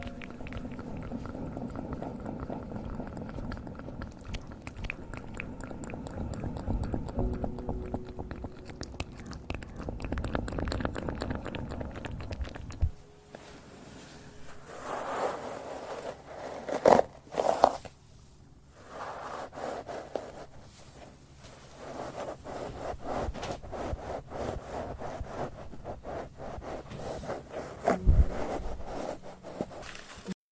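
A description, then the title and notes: Mouth sounds: dense wet clicks and smacks, with a low rumbling layer for the first thirteen seconds. After that the low layer drops away and the sounds turn sparser and brighter, with scraping, chewing-like textures and a louder burst near seventeen seconds. Mouth Sounds Triggers.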